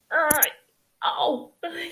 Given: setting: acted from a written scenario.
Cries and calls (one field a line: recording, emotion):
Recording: vocal sound without words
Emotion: pain